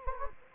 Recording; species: mosquito wingbeat signal from an infrared sensor; Anopheles gambiae